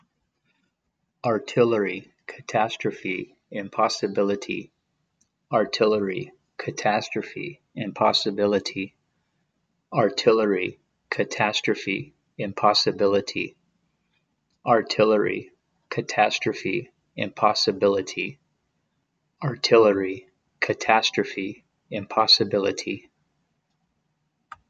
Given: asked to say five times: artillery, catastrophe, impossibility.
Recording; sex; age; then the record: three words, each repeated; male; 40 to 49 years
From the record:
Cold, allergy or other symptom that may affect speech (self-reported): no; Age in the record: 49 years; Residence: Illinois, United States